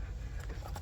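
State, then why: Not seated. An ignition coil with a rubber boot is pushed down into the plug well of a 2018 Toyota Corolla's cylinder head, onto the spark plug, over a steady low rumble. Only faint, quiet ticks are heard, near 0.4 s and 0.8 s. The coil has not clicked onto the plug yet.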